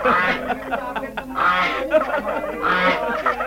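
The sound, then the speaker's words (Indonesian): Harsh, nasal goose honks arrive in three raucous bursts as the goose drags four people along, tangled with chattering and laughing voices, fairly loud throughout. “Aduh, ayah, alangkah lucunya angsa itu.”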